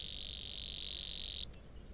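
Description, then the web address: Savi's warbler song: a steady, high buzzy reeling trill held for about a second and a half, then cutting off abruptly into quiet. "chant didier collin locustelle luscinioide"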